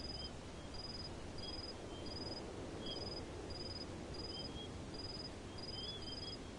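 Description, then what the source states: Cricket chirps sound as short pulsed bursts repeated at a steady pace, a second lower cricket adding sparse chirps, against a hissy steady background. Several crickets, recorded in the desert.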